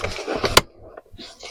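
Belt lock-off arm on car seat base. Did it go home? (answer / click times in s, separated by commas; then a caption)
yes / 0.6 s. The plastic belt lock-off arm on a Baby Jogger City Turn car seat base, installed in a Toyota Grand Highlander, is pushed down hard after the belt is tightened, with rustling and handling noise beforehand. It snaps shut with a loud, sharp click at 0.6 s, followed by quieter shuffling, and the lock-off is seated.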